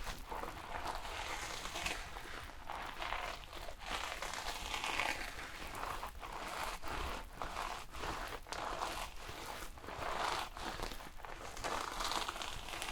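Shampoo being worked into hair, a dense, steady crinkling and squishing of wet lather that runs the full length. Brief gaps break it every second or so, at a fairly regular rhythm. A low rumble sits underneath throughout.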